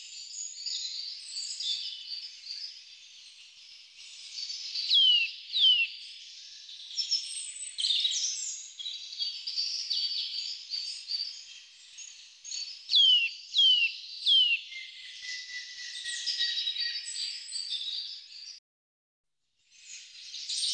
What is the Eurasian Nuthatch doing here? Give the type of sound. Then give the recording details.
song. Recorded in the wild. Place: Gottenheim / Freiburg im Breisgau, Baden-Württemberg, DE. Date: 1997-03-30. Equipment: Dat-Recorder Casio DA 7, Telinga DAT, Telinga-Parabolspiegel. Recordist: Schwarz, Dieter